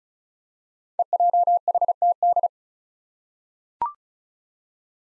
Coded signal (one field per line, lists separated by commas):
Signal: Morse code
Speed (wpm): 36 wpm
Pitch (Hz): 700 Hz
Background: none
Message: EJHTD